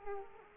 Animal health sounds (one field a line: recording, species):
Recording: mosquito wingbeat signal from an infrared sensor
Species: Culex quinquefasciatus